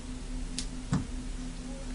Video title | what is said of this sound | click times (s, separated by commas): Gary's Tips MayJune 2011 | snaps right into place and you're ready to go | 0.6 s, 0.9 s